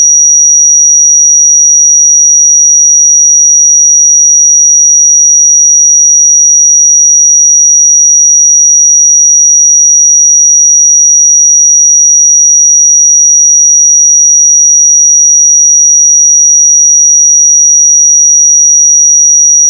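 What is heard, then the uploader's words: A pure 5775 Hz sine tone holds perfectly steady at one high, piercing pitch for the full twenty seconds, with no other sounds. 5775 Hz 1 Hz Interval Sine Pure Tone Frequency 441000 Sample Mono.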